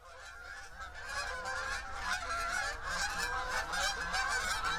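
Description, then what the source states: Goose: geese giving rapid nasal honks, many birds calling together in a dense chorus that builds and stays loud, over steady low background noise. Geese flying over.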